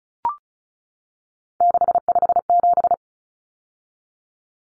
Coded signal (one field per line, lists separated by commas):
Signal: Morse code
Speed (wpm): 34 wpm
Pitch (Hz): 700 Hz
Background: none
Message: 657